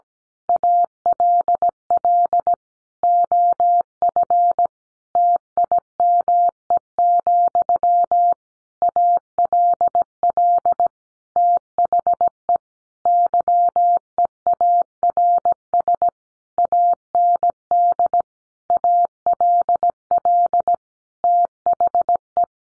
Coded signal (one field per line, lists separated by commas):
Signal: Morse code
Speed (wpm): 17 wpm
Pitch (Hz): 700 Hz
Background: none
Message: ALL OF TIME, ALL THE YEARS AND ALL THE